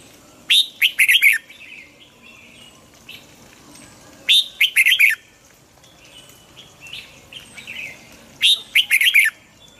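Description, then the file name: Red-whiskered bulbul singing lively warbled phrases, given three times about four seconds apart, with softer twitters between them. Hue strain red-whiskered bulbul singing in the double-voice style (giọng kép). "Tieng chao mao hue hot giong kep"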